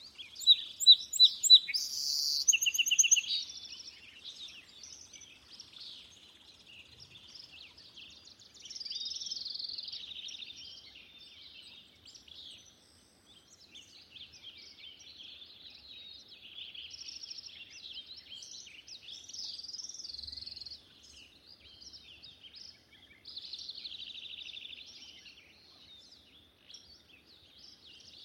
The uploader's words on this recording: Long Swamp Dawn Chorus. Starting in Astronomical Twilight at 0353 am, 23 minutes before First Light, and running through 40 minutes after Sunrise.